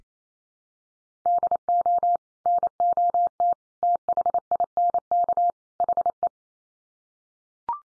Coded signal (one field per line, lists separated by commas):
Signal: Morse code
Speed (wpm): 28 wpm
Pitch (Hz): 700 Hz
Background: none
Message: DO NOT THINK HE